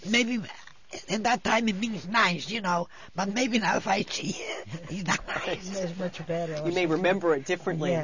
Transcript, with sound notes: Maybe in that time it means nice, you know. But maybe now if I see it... ( she laughs )
Now it's much better, yeah.
You may remember it differently.